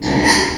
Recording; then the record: squeal of a Yucatan mini pig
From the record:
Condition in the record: before surgery on the right vocal fold (resection and tissue-engineered implant); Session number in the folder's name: 1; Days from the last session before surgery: -3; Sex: male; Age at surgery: 12 weeks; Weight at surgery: 13 kg